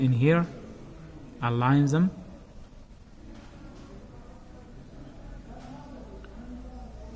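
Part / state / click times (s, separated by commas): battery compartment part and car remote housing / not seated / none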